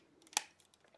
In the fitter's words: and just pull it up till it clicks.